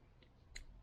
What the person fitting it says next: So we hear a click.